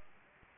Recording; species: mosquito wingbeat signal from an infrared sensor; Aedes aegypti